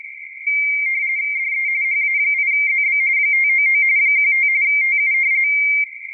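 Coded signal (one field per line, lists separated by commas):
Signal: RTTY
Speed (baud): 45.45 baud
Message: DE HA8ZB 599 15 TU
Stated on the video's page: QRP operation in the CQWW RTTY 2023 contest, possibly on 10m with 5W and a Moxon antenna.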